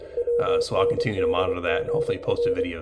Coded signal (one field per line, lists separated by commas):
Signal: Morse code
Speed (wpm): 25 wpm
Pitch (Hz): 480 Hz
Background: speech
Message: WNDGR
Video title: M51/FAV22 French Military coded messages using Kiwi SDR out of Carlow, Ireland